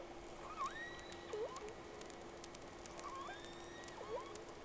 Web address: Sea Snake 10-3-06 Whales X 2 11-30 Round 1